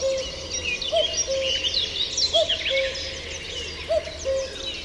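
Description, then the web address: Common cuckoo gives repeated two-note cu-coo phrases, the second note lower and longer, amid dense high-pitched twittering from other birds. "chant didier collin coucou gris"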